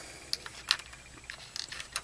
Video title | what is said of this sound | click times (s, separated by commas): Diamond Select toys Pulp Fictions Butch and Jules figure review. | swap out the hand you just pop it out and | 0.3 s, 0.7 s